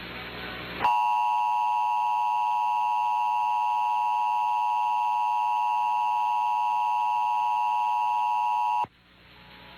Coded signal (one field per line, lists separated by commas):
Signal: Emergency Alert System (SAME) tones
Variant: 853 and 960 Hz attention tone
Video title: Comcast Emergency Alert System - Required Monthly Test (July 26, 2023) (REUPLOAD)